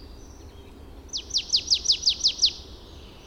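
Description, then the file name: Marsh tit call: a rapid run of eight bright, downward-slurred notes, evenly spaced, over faint hiss. "Poecile palustris"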